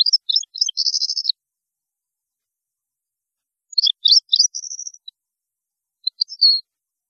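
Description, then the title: European goldfinch song: two twittering phrases with buzzy trilled notes, then a short liquid fragment after a pause. "Chant Chardonneret"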